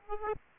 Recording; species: mosquito wingbeat signal from an infrared sensor; Aedes aegypti